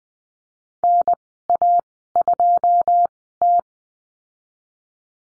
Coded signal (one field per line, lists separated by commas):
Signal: Morse code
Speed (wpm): 20 wpm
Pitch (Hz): 700 Hz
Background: none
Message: NA2T